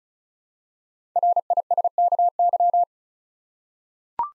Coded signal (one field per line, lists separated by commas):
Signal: Morse code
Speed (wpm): 36 wpm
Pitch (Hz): 700 Hz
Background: none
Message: RISKY